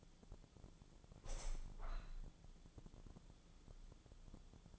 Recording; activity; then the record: daily activity, microphone in the room; open window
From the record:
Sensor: 5